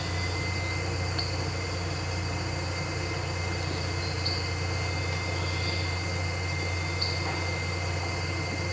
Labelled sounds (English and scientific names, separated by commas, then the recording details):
none
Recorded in pastures near Puerto Asís, Putumayo, Colombia, on 12 March 2025 at 04:00
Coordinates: 0.466, -76.322
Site CSA-02